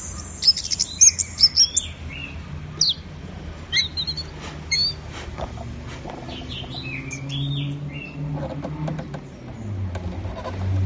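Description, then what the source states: Orange-headed thrush singing a short burst of clear whistles and chirps early on, then scattered fainter notes over a low rumbling background. Orange-headed thrush in full song (gacor teler), offered as a training recording for songbirds; part of an offline thrush-sound collection.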